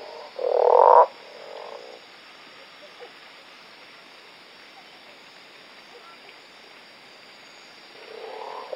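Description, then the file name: Manaus slender-legged treefrog calls: a loud, harsh, rattling croak near the start, a softer croak after it, then quiet until another croak begins at the end. "Osteocephalus taurinus"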